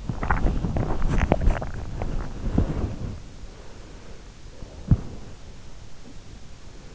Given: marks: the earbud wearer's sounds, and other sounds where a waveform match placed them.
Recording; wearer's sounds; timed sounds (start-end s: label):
sounds in sleep by an in-ear microphone; body movement
0.00-5.76 s: body movement